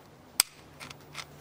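A ratchet buckle lever on a snowshoe binding strap is swung until it is parallel, which disengages the ratchet so the strap can slide through. A sharp, loud click sounds at 0.4 s as the buckle releases, followed by softer clicks and rustles near 0.9 s and 1.2 s.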